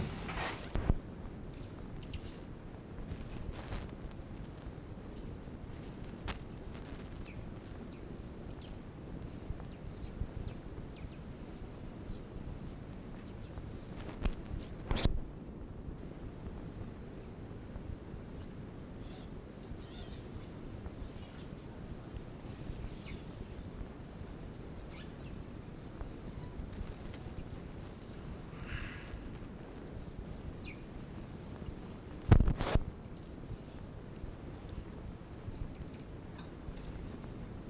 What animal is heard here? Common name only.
Common Squirrel Monkey